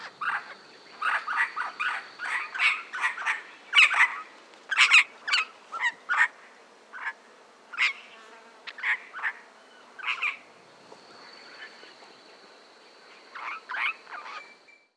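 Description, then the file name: Regent parrot giving rasping, scratchy calls in irregular series, then pausing before a final short burst; a faint steady tone runs underneath. Eastern subspecies, Australia. "Australian Bird Calls - Eastern Regent Parrot"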